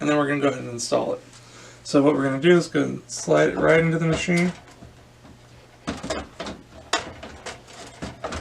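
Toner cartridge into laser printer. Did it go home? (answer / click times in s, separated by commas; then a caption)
yes / 6.9 s. Someone talks while a new toner cartridge is unpacked and slid into an HP M2727 laser printer. A cluster of short plastic knocks and sliding scrapes follows as the cartridge is pushed all the way in. It clicks and locks into position with the sharpest hit at 6.9 s.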